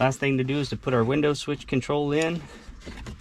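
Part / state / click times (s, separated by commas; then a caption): wiring connector into the window switch control / not seated / none. A wiring harness connector is being handled as it goes into a Jeep's window switch control, while someone talks through most of the clip. A short faint sound comes near the end at about 3.1 s. Nothing has seated or clicked yet, and the red locking tab has not been pushed down.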